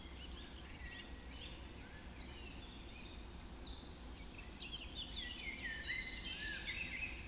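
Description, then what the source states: Birds: dawn chorus of overlapping bird songs, rapid trills and whistles that grow busier toward the end, over steady low noise. Dawn chorus just after dawn in the Forest of Dean.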